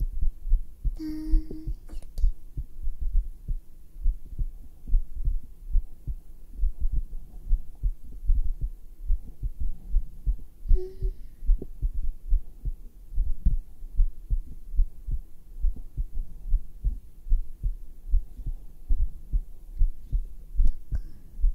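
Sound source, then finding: Heart against bare chest. Normal heart sounds.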